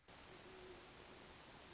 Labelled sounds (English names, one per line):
Great Horned Owl